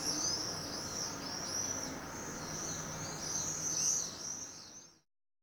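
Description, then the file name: Swifts screaming in shrill, buzzy high trills, one burst after another for about five seconds, over a constant low hiss, then a sudden cut to silence. "Birds Swifts Housemartins"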